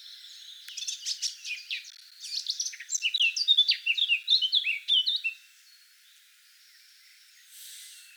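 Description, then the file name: Eurasian blackcap song, a fast jumbled warble of high chirps and trills lasting about five seconds, then near quiet with a faint brief sound. "Sylvia atricapilla"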